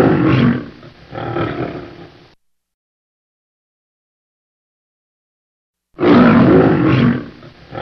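Lion roaring fades into a long silence, then a fresh loud, gravelly roar starts and carries on to the close.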